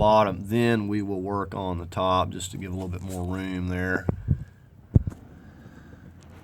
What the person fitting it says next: Okay, there's that one locked into place.